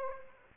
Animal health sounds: mosquito wingbeat signal from an infrared sensor; Aedes aegypti

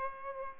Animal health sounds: mosquito wingbeat signal from an infrared sensor; Aedes aegypti

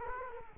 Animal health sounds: mosquito wingbeat signal from an infrared sensor; Culex quinquefasciatus

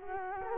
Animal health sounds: mosquito wingbeat signal from an infrared sensor; Culex quinquefasciatus

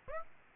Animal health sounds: mosquito wingbeat signal from an infrared sensor; Aedes aegypti

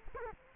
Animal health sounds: mosquito wingbeat signal from an infrared sensor; Culex quinquefasciatus

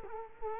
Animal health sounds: mosquito wingbeat signal from an infrared sensor; Culex quinquefasciatus

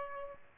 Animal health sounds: mosquito wingbeat signal from an infrared sensor; Aedes albopictus

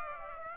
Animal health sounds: mosquito wingbeat signal from an infrared sensor; Aedes aegypti

